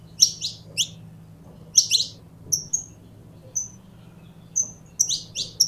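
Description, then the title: Belgian canary song: bursts of high, bright descending chirps separated by brief pauses, with a few clear whistled notes over a faint low hum. Pure-bred Belgian canary. "Canto Do Canário Belga Puro"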